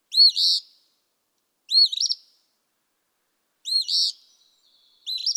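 Eastern Phoebe song: raspy two-part fee-bee phrases, arched then buzzy, repeated several times against a silent background.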